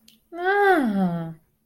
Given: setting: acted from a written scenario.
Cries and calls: vocal sound without words; interest

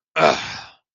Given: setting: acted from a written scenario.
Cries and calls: vocal sound without words; anger

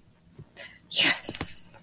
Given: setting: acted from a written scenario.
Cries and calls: vocal sound without words; triumph

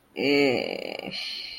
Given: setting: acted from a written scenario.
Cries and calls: vocal sound without words; ecstasy

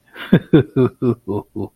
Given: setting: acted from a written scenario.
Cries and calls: vocal sound without words; contentment

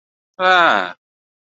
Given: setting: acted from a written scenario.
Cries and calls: vocal sound without words; realization

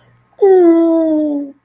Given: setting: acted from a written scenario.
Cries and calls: vocal sound without words; adoration

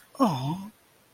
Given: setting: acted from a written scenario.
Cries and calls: vocal sound without words; adoration

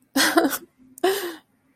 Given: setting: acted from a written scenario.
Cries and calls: vocal sound without words; sadness

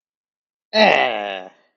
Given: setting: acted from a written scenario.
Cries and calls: vocal sound without words; triumph

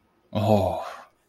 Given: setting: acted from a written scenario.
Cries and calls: vocal sound without words; desire

